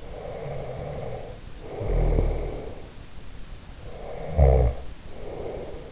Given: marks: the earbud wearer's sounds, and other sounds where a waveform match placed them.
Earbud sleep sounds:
sounds in sleep by an in-ear microphone; snoring breath
0.03-2.97 s: snoring breath
3.74-5.91 s: snoring breath

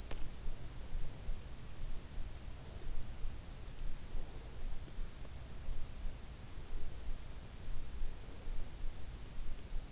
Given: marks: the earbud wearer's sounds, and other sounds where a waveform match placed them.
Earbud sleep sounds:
sounds in sleep by an in-ear microphone; teeth grinding
0.00-0.22 s: teeth grinding

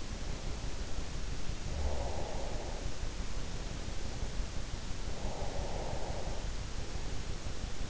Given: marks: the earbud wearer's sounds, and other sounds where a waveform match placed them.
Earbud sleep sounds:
sounds in sleep by an in-ear microphone; breath
1.35-3.00 s: breath
4.91-6.75 s: breath

